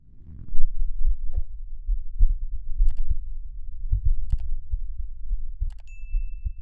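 Low, dull heart thumps from an adult's own chest come at an uneven spacing, with frequent skipped beats leaving longer gaps. Brief faint clicks and a steady electronic beep sound in the background near the end.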